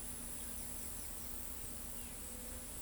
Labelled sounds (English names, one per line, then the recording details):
none
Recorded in pastures near Pivijay, Magdalena, Colombia, on 4 June 2023 at 13:30
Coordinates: 10.456, -74.369
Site P6-G026